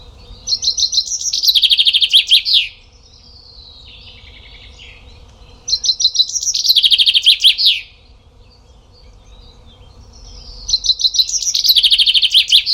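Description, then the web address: Common chaffinch song: three loud descending rattling phrases ending in a flourish, each about two seconds long, repeated roughly every four to five seconds, with softer bird notes between. "Deverinetal"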